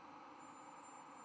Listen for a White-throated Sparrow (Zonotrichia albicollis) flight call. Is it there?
no